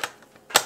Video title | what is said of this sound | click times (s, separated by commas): Полный обзор ручной овощерезки для дома Borner (Бернер) Классик. Как ей пользоваться и ухаживать. | такой щелчок так | 0.6 s